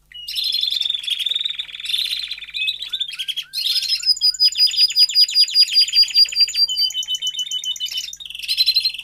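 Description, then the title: Domestic canary song: a steady trill, a few slurred whistles, then a long series of rapid repeated notes and more trills. Male Belgian canary singing a lot; meant to warm up and train young canaries. "Canary Training Esquente Seu Filhote E Canario Belga Em 30 Minutos Macho Cantando Muito"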